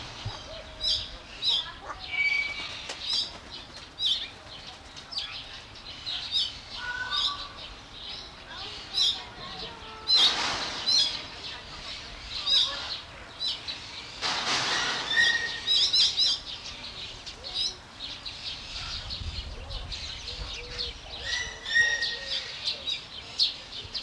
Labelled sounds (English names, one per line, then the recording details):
Emerald Starling
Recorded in captivity
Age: adult
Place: Zoo Halle, Sachsen-Anhalt, DE
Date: 1993-04-24 11:04
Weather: heiter, 16-24 °C
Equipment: Sony WM-D6C, Sony ECM-939 LT, Kopie Uher Variocord 263
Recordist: Tembrock, Günter
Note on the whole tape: Helle Langlaute ("zieh"), Entfernung 8 m